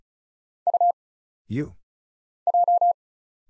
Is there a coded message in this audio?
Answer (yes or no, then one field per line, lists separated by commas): yes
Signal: Morse code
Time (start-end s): 0.7-2.9 s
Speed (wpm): 36 wpm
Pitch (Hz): 700 Hz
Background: none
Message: U J